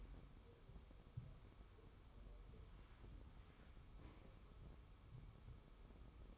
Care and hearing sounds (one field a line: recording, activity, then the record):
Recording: daily activity, microphone in the room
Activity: wipe stove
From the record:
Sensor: 1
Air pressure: 1015.1 hPa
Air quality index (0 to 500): 62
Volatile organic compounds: 1 ppm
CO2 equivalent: 791 ppm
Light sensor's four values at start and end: 14/32/13/15 and 14/32/13/15